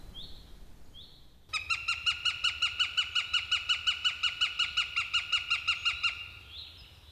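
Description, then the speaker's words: Northern Goshawk giving a loud cackle, a rapid even series of harsh kek notes for about four and a half seconds, with faint short rising whistles before and after. Goshawk cackling in its forest, which can be heard even in late autumn, described as a fine wild sound; the goshawk is a bird of old forests. "Loppusyksylläkin voi kuulla, kun kanahaukka käkättää metsässään. Hieno villiääni."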